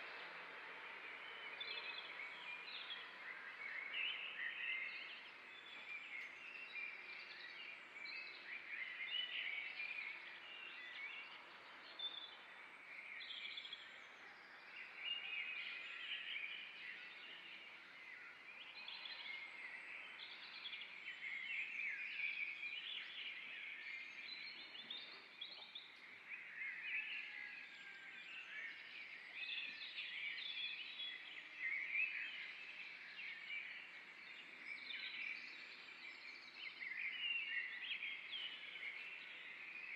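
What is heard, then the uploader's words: A gaggle of birds sings outside a window, a dense, continuous tangle of bright chirps and twitters over soft, steady outdoor hush. 5 minutes at first light, a gaggle of birds singing outside my window at the convent of Santillana del Mar. Ambient sound recorded along del Norte, the northern coastal route of the Camino de Santiago network of pilgrimage paths converging in Spain. These tiny meditations are made with binaural microphones.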